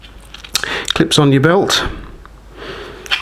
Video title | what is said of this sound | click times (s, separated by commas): Sanrenmu S721 Fixed Blade Review | where you want it very nice positive click there clips | 0.6 s